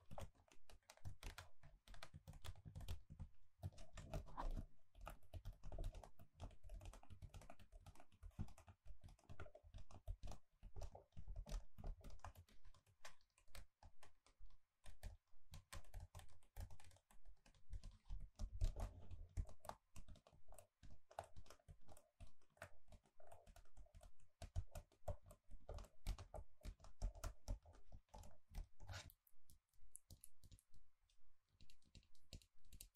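Gentle tapping in quick, dense clicks like typing on a keyboard, steady for most of the clip with a few brief pauses near the end.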